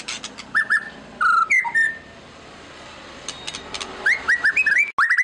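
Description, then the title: White-rumped shama song, loud whistled notes and clicks, a pause of soft hiss, then quick rising whistled phrases. Used as a lure to make other birds respond; described as gacor, a bird singing constantly. "PANCINGAN MEWAH MURAI BATU GACOR, SEKALI DENGAR AMPUH LANGSUNG RESPON"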